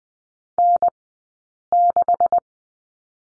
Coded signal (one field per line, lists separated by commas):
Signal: Morse code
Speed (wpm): 20 wpm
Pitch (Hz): 700 Hz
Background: none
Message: N6